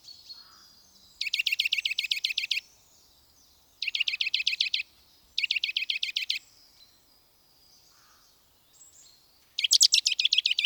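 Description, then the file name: Eurasian nuthatch delivering four quick trills of ringing, evenly spaced high notes, the last one loudest, with faint thin bird sounds in the gaps. "sitelletorchepot"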